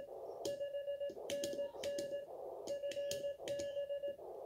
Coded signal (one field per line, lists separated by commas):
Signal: Morse code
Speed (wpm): 18 wpm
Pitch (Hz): 570 Hz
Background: none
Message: 5NN FB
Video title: QSO QRP K1 5W PS7HD X PT7ON